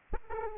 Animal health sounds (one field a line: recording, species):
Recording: mosquito wingbeat signal from an infrared sensor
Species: Aedes aegypti